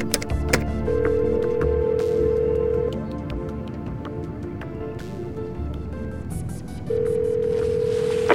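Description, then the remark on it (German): A steady, mid-pitched satellite telephone tone hums for about two seconds, stops amid scattered clicks and button taps as a number is dialed, then returns near the end over a low background rumble. No one speaks. “Entschuldigen Sie mich kurz, ich muss telefonieren.”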